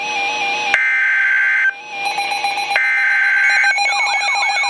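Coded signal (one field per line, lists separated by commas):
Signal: Emergency Alert System (SAME) tones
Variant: header bursts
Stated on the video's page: Received from NOAA Weather Radio station in Milwaukee, Wisconsin.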